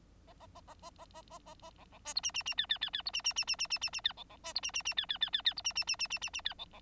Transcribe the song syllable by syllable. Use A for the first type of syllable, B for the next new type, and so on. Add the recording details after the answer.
A A A A A A A A A A B B C D E E E F F F F D E E E E E E E E F B B C D E E E F F F F F D E E E E E E E F B B. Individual Bird9